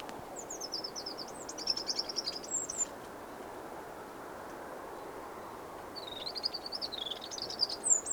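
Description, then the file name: Eurasian wren song in two phrases several seconds apart, each a rapid run of high, warbled twitters and trills, over continuous low hiss. "Troglodytes troglodytes"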